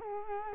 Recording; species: mosquito wingbeat signal from an infrared sensor; Culex quinquefasciatus